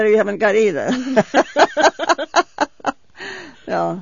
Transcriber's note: they laugh